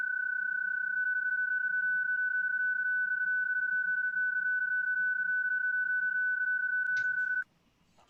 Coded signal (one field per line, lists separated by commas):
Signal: PSK31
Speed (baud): 31.25 baud